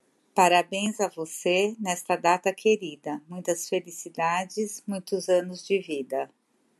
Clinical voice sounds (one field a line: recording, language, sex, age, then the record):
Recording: short text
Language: Brazilian Portuguese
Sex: female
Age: 50 to 59 years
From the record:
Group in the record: control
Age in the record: 56 years